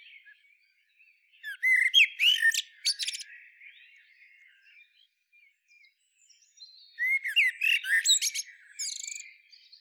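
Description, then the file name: Common blackbird song: two phrases, each opening with low fluted warbling notes and ending in a high squeaky twitter, separated by a quieter stretch of faint notes. "Turdus merula"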